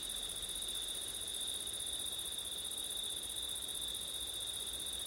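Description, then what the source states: Cricket chorus, a continuous high-pitched ringing trill held evenly throughout, with soft low background noise. Crickets recorded on a September night with wind; ORTF stereo setup.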